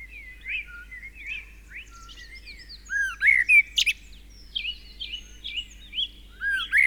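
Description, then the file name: Common blackbird song: a stream of soft whistled notes and slurred chirps, louder in the middle with a sharp twittery flourish. "Turdus merula"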